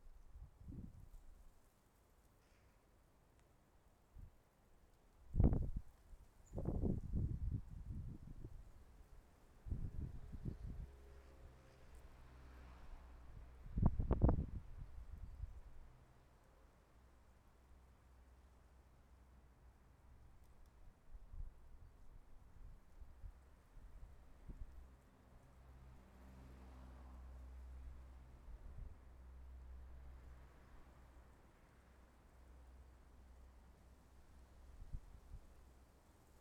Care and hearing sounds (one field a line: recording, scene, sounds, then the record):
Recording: everyday scene through a hearing-aid microphone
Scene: wind on the microphone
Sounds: wind, traffic, birds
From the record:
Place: suburban garden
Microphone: behind the ear, left, front